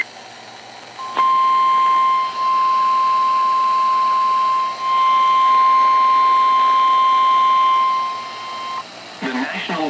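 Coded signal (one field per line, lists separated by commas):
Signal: Emergency Alert System (SAME) tones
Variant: 1050 Hz attention tone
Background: speech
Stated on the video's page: Severe weather EAS alerts, including from NOAA Weather Radio, during thunderstorms with hail.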